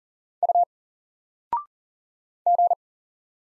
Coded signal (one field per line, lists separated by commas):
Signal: Morse code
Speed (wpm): 39 wpm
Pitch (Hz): 700 Hz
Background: none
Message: U G